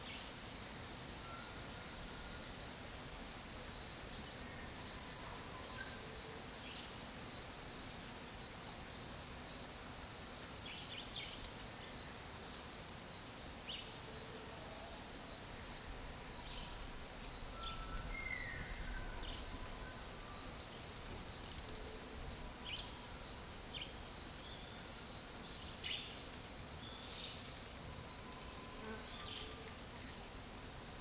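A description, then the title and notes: Midday dry forest ambience with a steady high insect drone, scattered brief bird chirps and clicks, and a low continuous rumble underneath. Costa Rican Dry forest. Around midday in a dry forest in Nosara, Guanacaste.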